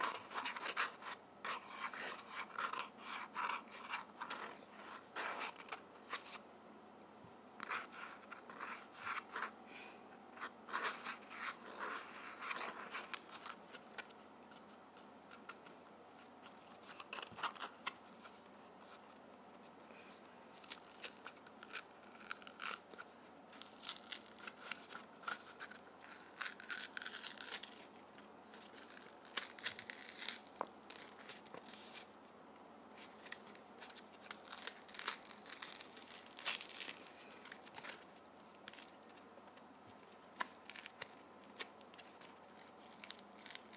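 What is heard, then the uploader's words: Toilet paper is handled throughout, with soft crinkling and rustling that comes in bursts, some brief and some lasting a second or two. The sound is papery and bright with no strong low end, and busy stretches near 5, 20, 27 and 35 seconds stand out. ASMR Toilet Paper.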